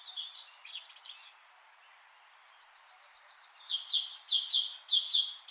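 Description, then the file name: Great tit: soft jumbled notes at first, a quiet pause, then a loud series of repeated two-note phrases with thin high tones above them. "Parus major"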